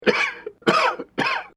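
Three light, easy coughs in quick succession by an adult male, acted as a sound effect.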